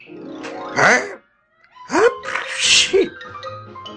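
A man sneezes after lowering his binoculars and bending over: a short, voiced, strained intake, then a brief pause and a loud, explosive sneeze with a wavering vocal edge, trailing off into quiet.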